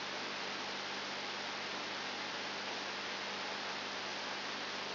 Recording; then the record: brain microelectrode recording played as sound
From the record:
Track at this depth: outside the subthalamic nucleus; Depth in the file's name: 7.099 mm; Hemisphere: left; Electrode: 2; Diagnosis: Parkinson's disease